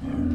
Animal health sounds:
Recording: pig call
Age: growing-finishing pig (85 days or more)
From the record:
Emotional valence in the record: negative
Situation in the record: barren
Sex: male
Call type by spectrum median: low-frequency call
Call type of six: low-frequency stable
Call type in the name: low-frequency stable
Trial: 2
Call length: 0.35 s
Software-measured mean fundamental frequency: 59 Hz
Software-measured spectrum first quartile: 121 Hz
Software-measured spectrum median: 228 Hz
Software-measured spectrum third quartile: 294 Hz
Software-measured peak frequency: 262 Hz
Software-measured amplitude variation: 173 dB a second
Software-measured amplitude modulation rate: 24.5 a second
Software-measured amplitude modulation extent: 7.1 dB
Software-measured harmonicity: 1.9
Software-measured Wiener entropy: -0.62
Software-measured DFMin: 694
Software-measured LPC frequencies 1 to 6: 277, 1572, 2335, 3113, 3978, 4810 Hz

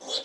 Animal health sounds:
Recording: pig call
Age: piglet (1 to 25 days)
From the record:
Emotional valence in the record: negative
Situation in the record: fighting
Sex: male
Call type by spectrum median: high-frequency call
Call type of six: high-frequency stable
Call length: 0.24 s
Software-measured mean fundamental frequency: 277 Hz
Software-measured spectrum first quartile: 1074 Hz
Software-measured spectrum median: 3355 Hz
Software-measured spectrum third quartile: 4182 Hz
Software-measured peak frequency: 3404 Hz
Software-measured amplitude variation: 132 dB a second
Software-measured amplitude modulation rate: 8.2 a second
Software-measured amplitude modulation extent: 16.2 dB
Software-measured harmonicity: 4.5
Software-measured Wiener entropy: -2.22

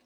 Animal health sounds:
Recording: pig call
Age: piglet (1 to 25 days)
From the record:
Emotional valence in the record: positive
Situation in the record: reunion after long isolation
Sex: female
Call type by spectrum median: low-frequency call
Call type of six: low-frequency tonal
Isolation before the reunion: 8 minutes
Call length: 0.06 s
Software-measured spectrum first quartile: 423 Hz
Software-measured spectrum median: 1382 Hz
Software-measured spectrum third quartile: 4205 Hz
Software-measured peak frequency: 235 Hz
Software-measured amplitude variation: 16 dB a second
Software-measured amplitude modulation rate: 8.5 a second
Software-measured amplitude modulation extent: 1.8 dB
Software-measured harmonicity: 1.4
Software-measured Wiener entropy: -1.36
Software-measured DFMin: 717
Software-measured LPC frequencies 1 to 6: 532, 1895, 2697, 4031, 5360, 7537 Hz

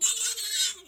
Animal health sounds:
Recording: pig call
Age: piglet (1 to 25 days)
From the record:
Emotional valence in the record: negative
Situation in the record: restrain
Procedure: sham castration, cut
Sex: male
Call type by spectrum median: high-frequency call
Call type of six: high-frequency stable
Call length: 0.88 s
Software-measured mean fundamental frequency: 115 Hz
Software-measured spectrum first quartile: 3878 Hz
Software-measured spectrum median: 6204 Hz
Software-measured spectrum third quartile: 7584 Hz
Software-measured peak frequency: 7270 Hz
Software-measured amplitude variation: 141 dB a second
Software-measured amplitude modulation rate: 17.1 a second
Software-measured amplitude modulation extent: 8.3 dB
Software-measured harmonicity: 4.4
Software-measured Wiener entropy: -2.09

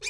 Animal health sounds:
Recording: pig call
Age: weaner (32 to 43 days)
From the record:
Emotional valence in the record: negative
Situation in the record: short isolation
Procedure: open field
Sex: female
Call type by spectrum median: high-frequency call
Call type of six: high-frequency stable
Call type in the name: high-frequency stable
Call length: 0.09 s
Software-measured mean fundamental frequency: 383 Hz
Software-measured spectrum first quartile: 2420 Hz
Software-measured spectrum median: 3937 Hz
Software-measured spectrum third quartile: 6470 Hz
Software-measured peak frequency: 2428 Hz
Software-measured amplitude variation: 118 dB a second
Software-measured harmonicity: 3.5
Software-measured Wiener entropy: -2.34

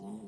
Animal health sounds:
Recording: pig call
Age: piglet (1 to 25 days)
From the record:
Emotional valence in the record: negative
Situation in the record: short isolation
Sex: male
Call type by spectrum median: low-frequency call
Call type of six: low-frequency stable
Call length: 0.28 s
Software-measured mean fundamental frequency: 52 Hz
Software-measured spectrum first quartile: 206 Hz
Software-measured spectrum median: 301 Hz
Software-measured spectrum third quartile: 716 Hz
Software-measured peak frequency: 207 Hz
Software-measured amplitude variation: 91 dB a second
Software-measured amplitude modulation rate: 12.6 a second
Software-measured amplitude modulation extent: 7.2 dB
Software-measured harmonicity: 7.8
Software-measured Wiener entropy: -0.43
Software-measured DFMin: 934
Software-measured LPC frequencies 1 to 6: 248, 813, 2041, 3097, 3866, 5147 Hz

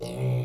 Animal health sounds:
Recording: pig call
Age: weaner (32 to 43 days)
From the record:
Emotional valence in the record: negative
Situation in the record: short isolation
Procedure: open field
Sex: female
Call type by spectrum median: low-frequency call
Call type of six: low-frequency stable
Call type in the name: low-frequency stable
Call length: 0.45 s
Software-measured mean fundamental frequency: 62 Hz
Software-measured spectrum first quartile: 128 Hz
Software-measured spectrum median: 215 Hz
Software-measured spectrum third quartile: 678 Hz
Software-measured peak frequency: 575 Hz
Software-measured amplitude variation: 61 dB a second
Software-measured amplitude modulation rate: 30.1 a second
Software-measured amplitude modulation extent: 2.0 dB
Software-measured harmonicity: 3.2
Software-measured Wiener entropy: -0.83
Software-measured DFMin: 959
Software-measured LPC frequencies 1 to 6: 2269, 3883, 4691, 5477, 6012, 7338 Hz

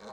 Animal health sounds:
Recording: pig call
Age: piglet (1 to 25 days)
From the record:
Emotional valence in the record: negative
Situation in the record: short isolation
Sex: male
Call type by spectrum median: low-frequency call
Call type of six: low-frequency tonal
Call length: 0.13 s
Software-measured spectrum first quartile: 505 Hz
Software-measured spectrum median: 851 Hz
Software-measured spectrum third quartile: 1711 Hz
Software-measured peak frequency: 452 Hz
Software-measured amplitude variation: 56 dB a second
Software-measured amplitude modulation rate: 7.8 a second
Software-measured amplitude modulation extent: 7.1 dB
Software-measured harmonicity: -0.2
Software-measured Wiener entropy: -0.59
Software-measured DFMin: 1057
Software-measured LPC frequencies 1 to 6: 688, 4141, 5133, 6127, 8126, 9890 Hz

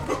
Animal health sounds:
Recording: pig call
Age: growing-finishing pig (85 days or more)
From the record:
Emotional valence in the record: positive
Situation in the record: run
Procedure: transit

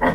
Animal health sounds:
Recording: pig call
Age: piglet (1 to 25 days)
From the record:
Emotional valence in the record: positive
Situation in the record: reunion after long isolation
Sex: female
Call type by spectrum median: low-frequency call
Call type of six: low-frequency tonal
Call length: 0.15 s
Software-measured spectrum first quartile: 382 Hz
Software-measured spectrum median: 726 Hz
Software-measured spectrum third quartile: 1251 Hz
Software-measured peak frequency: 539 Hz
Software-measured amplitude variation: 87 dB a second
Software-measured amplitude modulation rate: 16.3 a second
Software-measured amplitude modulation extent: 5.3 dB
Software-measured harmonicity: 0.5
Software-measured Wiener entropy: -0.92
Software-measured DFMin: 453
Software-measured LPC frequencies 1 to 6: 597, 897, 1911, 3290, 4527, 5414 Hz

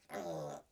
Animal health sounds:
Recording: pig call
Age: piglet (1 to 25 days)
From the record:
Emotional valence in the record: negative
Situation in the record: restrain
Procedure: back test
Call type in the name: low-frequency call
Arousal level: low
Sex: female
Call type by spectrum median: low-frequency call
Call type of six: low-frequency stable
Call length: 0.71 s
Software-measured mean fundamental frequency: 51 Hz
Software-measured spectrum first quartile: 453 Hz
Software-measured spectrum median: 650 Hz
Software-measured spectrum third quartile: 1278 Hz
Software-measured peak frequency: 581 Hz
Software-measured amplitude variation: 147 dB a second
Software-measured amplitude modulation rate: 25.2 a second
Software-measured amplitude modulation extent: 5.8 dB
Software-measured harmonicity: 2.0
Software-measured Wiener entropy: -0.59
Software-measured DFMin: 1062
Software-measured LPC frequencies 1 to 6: 605, 1957, 3791, 4998, 6108, 6742 Hz

